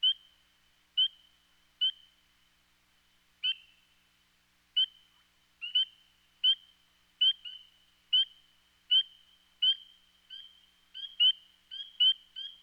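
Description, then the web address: Spring peeper giving single high, clear peeps, at first about a second apart, then coming faster near the end. "Dan Gibson Wildlife Identification By Sound, Eastern North America Pt 1. Spring Peeper Frog"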